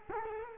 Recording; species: mosquito wingbeat signal from an infrared sensor; Culex quinquefasciatus